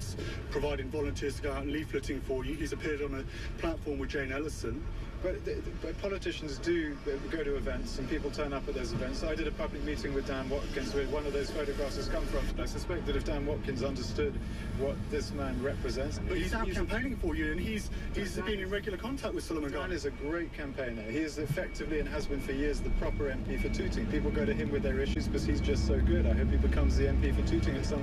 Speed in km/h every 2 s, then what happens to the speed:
10, 6, 5, 3, 5, 6, 11, 10, 6, 3, 3, 10, 18, 18.
0-7 slows to 3. 7-13 speeds up to 11. 13-18 slows to 3. 21-24 speeds up to 18.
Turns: none.